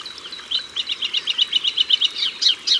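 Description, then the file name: Melodious warbler song: a quick, even string of sharp high chirps, ending with a few richer notes. Recorded at the water's edge. "Hypolais polyglotte Au bord de leau"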